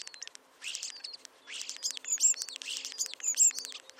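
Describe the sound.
Birds calling in short bursts of bright, buzzy chirps, with thin high whistles mixed in.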